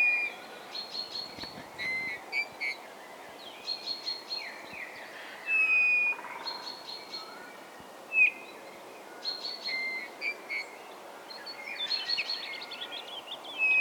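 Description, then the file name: Bird calls: a busy mix of whistles, chirps and brief trills, coming in irregular bursts over a steady hiss. "XENO CANTO"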